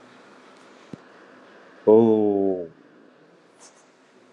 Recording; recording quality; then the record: sustained vowel as in boot; excellent, no background noise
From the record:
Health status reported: healthy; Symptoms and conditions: none ticked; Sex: male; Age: 47 years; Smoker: yes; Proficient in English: yes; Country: India